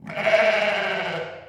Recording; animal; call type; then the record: contact call of a hoofed animal; sheep; low-frequency (closed-mouth) or high-frequency (open-mouth) call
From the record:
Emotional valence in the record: negative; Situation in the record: short social isolation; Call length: 1.49 s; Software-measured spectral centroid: 2000 Hz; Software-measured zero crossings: 2460 a second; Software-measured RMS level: -23 dBFS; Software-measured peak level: -7 dBFS